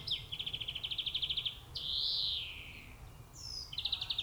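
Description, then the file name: European greenfinch: a fast rattling trill, then a drawn-out nasal wheeze, followed by a short whistle and another quick trill. "Chloris chloris"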